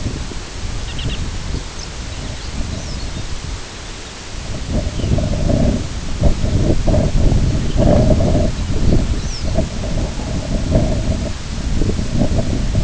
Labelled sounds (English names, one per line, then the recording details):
Lapland Longspur
unidentified sound
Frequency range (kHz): Lapland Longspur 2.5-6.8 kHz
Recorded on Arctic tundra, site IGLO-B, on 22 June 2018
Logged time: 21:59